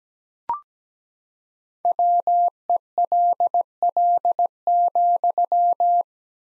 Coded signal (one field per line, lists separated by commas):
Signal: Morse code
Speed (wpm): 17 wpm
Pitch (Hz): 700 Hz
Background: none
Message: WELL,